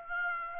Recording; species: mosquito wingbeat signal from an infrared sensor; Aedes aegypti